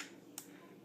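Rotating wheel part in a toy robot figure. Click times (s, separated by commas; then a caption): 0.4 s. A wheel part on a plastic Gokaioh toy robot mech from Kaizoku Sentai Gokaiger is rotated until its two small bumps click into place inside the equipment. A single short, sharp click is heard at 0.4 s over a faint, steady background, and the wheel is seated.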